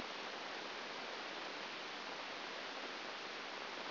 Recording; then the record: brain microelectrode recording played as sound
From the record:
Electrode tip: outside the subthalamic nucleus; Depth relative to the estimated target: -4 mm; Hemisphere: left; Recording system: AlphaMap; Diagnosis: Parkinson's disease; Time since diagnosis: 9 years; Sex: male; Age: 68 years